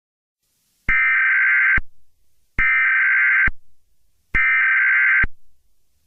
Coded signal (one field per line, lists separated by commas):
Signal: Emergency Alert System (SAME) tones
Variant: header bursts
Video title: EAS Scenario | Chicken Jockey Invasion (#91)